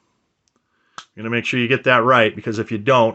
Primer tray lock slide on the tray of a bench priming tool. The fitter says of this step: up and you put it on lock